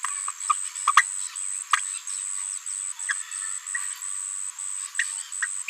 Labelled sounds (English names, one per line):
Green-rumped Parrotlet babbling